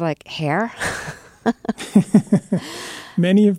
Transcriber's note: soundbite of laughter